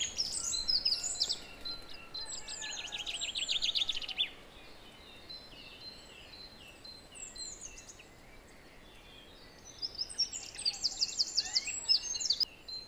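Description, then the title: Song thrush song: repeated note trains and whistles at the start, a quiet gap of several seconds, then more rapid repeated phrases near the end. Song recorded at 06h. "Zanglijster 06h Durenne2"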